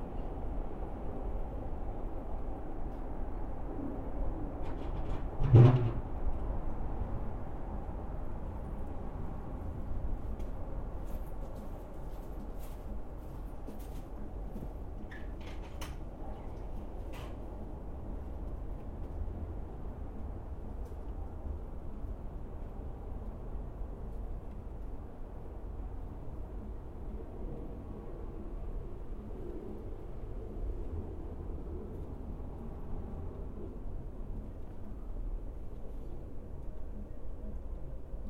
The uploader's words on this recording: A stereo recording of our backyard. The recording was made near one deciduous tree, and three evergreen trees, two living, one x-mas, next to the fence pictured above.